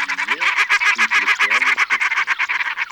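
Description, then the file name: Common shelduck calling in a rapid, buzzy, pulsed chatter, mixed with lower notes that slide upward twice, the pulses running continuously for about three seconds. Russia; recording made for an electronic hunting lure. "Пеганка Volpoca"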